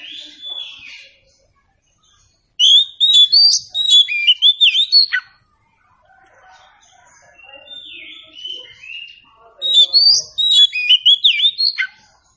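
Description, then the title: Oriental Magpie-Robin song: two loud bursts of rapid, varied whistled notes separated by softer, drawn-out whistles. Meant to prompt a bird to sing in reply. "Nyaut Kacer"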